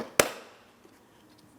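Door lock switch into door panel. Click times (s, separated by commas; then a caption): 0.2 s. A plastic door lock switch for a 2004-2008 Pontiac Grand Prix is lined up in its proper orientation and pressed into its opening in the door trim panel. A single sharp, bright click is heard at 0.2 s as its locking tab snaps in, then fades to near silence with only a faint tick later. The switch is seated in the panel and is then double-checked to make sure it is secured.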